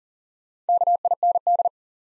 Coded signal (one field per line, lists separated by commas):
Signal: Morse code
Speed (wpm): 40 wpm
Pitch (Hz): 700 Hz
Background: none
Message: KIND